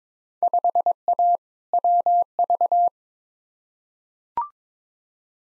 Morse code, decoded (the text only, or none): 5A WV